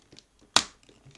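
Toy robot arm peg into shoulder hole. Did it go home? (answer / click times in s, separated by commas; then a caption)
yes / 0.6 s. The second plastic arm peg of a 16-inch Voltron toy robot is pushed into the other shoulder hole. After a few faint handling rustles, a sharp, bright snap rings out at 0.6 s and fades quickly, followed by soft handling noises. The peg has seated in the shoulder.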